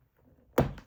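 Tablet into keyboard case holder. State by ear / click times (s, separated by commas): seated / 0.6 s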